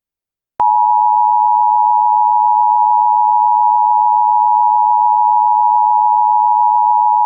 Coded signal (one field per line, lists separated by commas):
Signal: Emergency Alert System (SAME) tones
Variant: 853 and 960 Hz attention tone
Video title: The Divided States of America | An EAS Scenario (READ DESC)